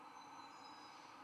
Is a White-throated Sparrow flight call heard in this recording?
no